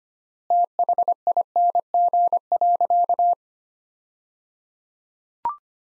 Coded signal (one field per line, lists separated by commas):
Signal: Morse code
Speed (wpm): 25 wpm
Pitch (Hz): 700 Hz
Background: none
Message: THING.